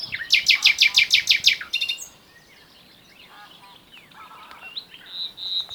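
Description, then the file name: Common nightingale singing a loud rapid series of repeated sharp notes for over a second, then quieter varied phrases and a sustained high whistle. "Luscinia megarhynchos"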